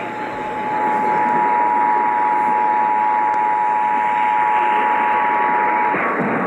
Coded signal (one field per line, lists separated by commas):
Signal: Emergency Alert System (SAME) tones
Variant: 853 and 960 Hz attention tone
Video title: 100 Radio Test! RMTs and RWTs from 6/16/21 (EAS 5092-5108)